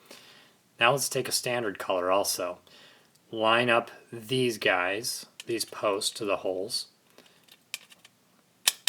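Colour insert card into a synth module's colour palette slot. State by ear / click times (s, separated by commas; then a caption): seated / 8.7 s, 8.9 s. Someone talks while a standard colour insert card with posts is lined up with the holes in the colour palette slot of a powered-down synth module and pressed in. A few faint ticks come after the talking stops, then two sharp clicks at 8.7 s and 8.9 s as the card seats.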